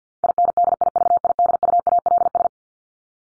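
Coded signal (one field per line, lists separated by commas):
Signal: Morse code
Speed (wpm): 50 wpm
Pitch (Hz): 700 Hz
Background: none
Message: INDIVIDUALS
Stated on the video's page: Morse practice of the top 100 words ending in ES or S and their root words, at 50 wpm for head-copy training.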